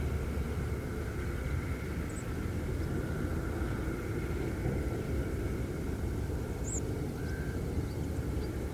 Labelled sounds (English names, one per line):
Hawfinch